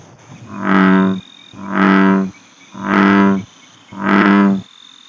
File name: Rana catesbeiana